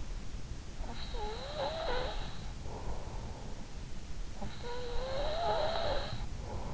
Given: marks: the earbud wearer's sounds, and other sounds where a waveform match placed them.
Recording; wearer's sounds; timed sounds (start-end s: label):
sounds in sleep by an in-ear microphone; breath
0.68-3.43 s: breath
4.34-6.74 s: breath